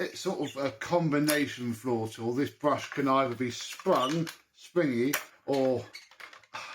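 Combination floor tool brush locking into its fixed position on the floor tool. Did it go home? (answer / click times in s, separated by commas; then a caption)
yes / 6.6 s. Someone talks while switching the brush on the combination floor tool of a vintage Hoover Hooverette 2944b vacuum from its sprung setting to its locked setting. A short click is heard at 6.6 s as the brush locks into its fixed position.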